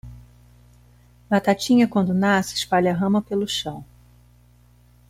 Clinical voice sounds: short text; Brazilian Portuguese; female; 40 to 49 years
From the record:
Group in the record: control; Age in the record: 45 years

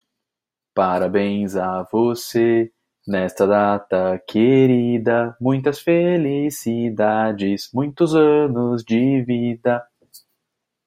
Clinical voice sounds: short text; Brazilian Portuguese; male; 20 to 29 years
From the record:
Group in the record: control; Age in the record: 24 years

